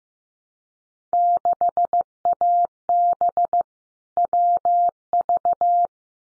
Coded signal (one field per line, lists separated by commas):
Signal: Morse code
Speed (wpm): 15 wpm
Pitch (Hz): 700 Hz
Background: none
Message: 6AB WV